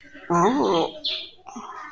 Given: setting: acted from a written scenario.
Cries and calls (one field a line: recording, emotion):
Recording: vocal sound without words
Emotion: disgust